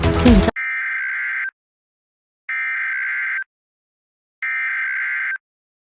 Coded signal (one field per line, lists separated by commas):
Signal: Emergency Alert System (SAME) tones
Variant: header bursts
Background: speech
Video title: EAS Scenario:TWISTER CHAOS! (Part 1)